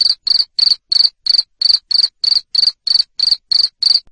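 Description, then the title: Cricket giving thirteen crisp chirps in about four seconds, evenly spaced. Loud cricket chirping played to stimulate lovebirds to keep singing in the ngekek style. "Suara JANGKRIK NGERIK Keras Bikin LOVEBIRD Jadi NGEKEK Terus Vubey"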